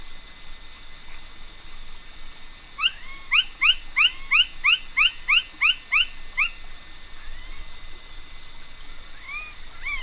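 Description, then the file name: Side-spotted frog giving a tight series of about ten quick rising chirps, then fainter scattered notes, against a constant high-pitched hum. "Pulchrana laterimaculata"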